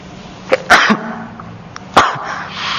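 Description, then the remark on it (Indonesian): Two sharp, loud sneezes about a second apart from a religious teacher giving an online lesson, each a sudden hissy burst preceded by a quick breathy intake, with no talking. “Ana bersin,”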